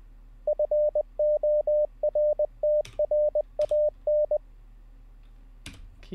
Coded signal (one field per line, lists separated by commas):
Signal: Morse code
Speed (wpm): 20 wpm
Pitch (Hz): 600 Hz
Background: radio noise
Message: FORTRAN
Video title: How To Learn Morse Code LIVE with N0SSC (Day 14)